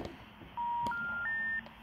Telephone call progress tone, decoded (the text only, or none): special information tone